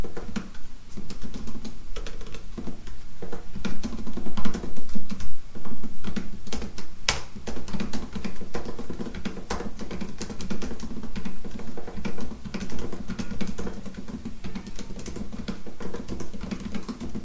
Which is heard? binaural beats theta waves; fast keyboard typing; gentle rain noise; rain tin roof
fast keyboard typing